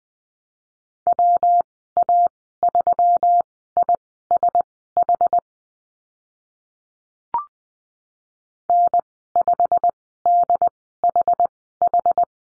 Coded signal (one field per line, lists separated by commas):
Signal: Morse code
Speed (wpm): 20 wpm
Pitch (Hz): 700 Hz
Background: none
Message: WA3ISH N5DHH